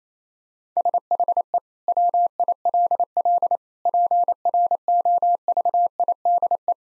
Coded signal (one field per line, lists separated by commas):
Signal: Morse code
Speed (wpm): 27 wpm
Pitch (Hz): 700 Hz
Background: none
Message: SHE WILL PROVIDE